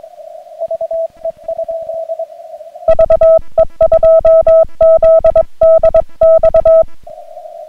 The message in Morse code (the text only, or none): VE? VE2ZDX